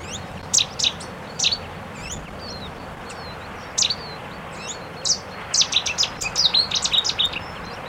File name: Cettis Warbler